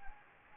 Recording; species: mosquito wingbeat signal from an infrared sensor; Anopheles gambiae